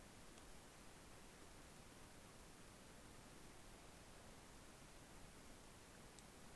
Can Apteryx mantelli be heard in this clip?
no